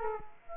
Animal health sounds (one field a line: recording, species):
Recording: mosquito wingbeat signal from an infrared sensor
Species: Culex quinquefasciatus